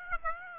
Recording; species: mosquito wingbeat signal from an infrared sensor; Aedes aegypti